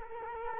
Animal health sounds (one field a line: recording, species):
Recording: mosquito wingbeat signal from an infrared sensor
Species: Culex quinquefasciatus